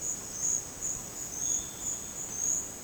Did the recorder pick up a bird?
no